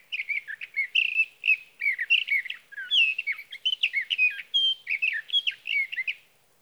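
Sage thrasher delivering an extended, unbroken warble of quick, varied notes for about six seconds, nothing else audible.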